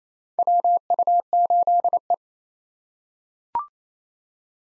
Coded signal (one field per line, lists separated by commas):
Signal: Morse code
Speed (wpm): 27 wpm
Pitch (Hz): 700 Hz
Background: none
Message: WU8E